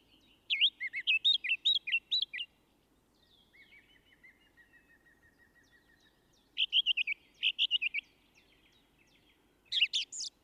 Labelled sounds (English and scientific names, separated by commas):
Song Thrush (Turdus philomelos) song